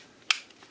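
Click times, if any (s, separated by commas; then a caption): 0.3 s. A plastic kickstand on the back of a rugged Unicorn Beetle iPhone XS Max case is folded back into its slot in a short, otherwise quiet clip. A single sharp, bright snap at 0.3 s marks the kickstand seating in place so it won't come flying out, followed by faint soft handling ticks.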